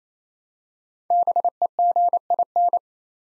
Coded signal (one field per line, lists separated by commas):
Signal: Morse code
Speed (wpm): 28 wpm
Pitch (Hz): 700 Hz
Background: none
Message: BEGIN